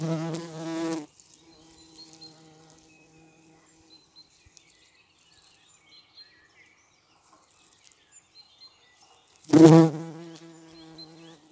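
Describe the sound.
Bumblebee flight buzz: a short low hum at the start, near silence, then a loud droning pass near the end.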